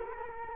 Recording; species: mosquito wingbeat signal from an infrared sensor; Culex quinquefasciatus